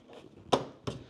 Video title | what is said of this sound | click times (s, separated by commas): EcoFlow Delta Pro Ultra & Smart Panel 2 Replaces Generac Standby Generators Part 1 of 2 | It's got the same twist lock there to keep it locked. You heard it click. | 0.5 s, 0.9 s